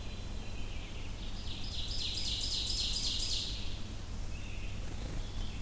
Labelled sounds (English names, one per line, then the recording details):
Ovenbird song
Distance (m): 35 m
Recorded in boreal forest in Alberta, Canada, on 25 June 2016 at 06:31
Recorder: SongMeter 3, array SBT-6-76
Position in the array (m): 37 m, 102 m
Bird 2